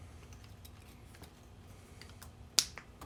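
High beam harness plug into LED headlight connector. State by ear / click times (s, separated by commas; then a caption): seated / 2.6 s. The high beam plug of a conversion harness is pushed into the connector of a 2020 Toyota Tacoma OEM LED headlight being installed on a 2019 Tacoma. After faint small ticks, a loud sharp click sounds at 2.6 s, followed by softer ticks near 2.8 s and 3.0 s. The plug is seated.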